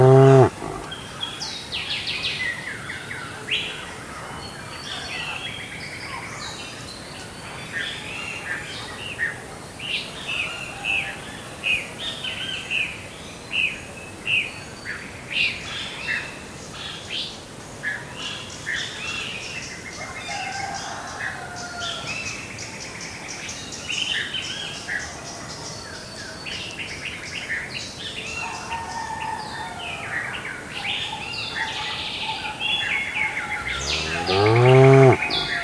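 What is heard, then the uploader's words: A quiet village morning filled with steady, overlapping bird chirps and calls over a soft background hum, with louder bursts at the start and end. Morning in a quiet Indian village.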